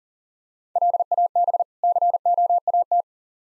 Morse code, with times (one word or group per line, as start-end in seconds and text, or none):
0.8-1.6 LAB
1.8-3.0 COAT